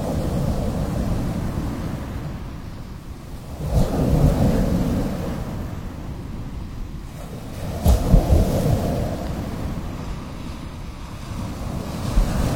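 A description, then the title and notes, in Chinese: Sound of wind and waves: a steady, dense low rumble fills the whole clip, with swells rising around 4 seconds and again near 8 seconds. Brief sharper bursts and gusty buffeting cut through at those swells, then the roar settles back. 风浪声。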